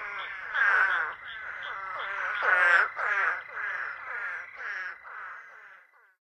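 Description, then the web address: Hurter's spadefoot calling, a series of brief bleating notes, some overlapping, growing louder and softer in turn, then tapering off near the end. North America. "Songs of Frogs Toads of North America. Hurters Spadefoot"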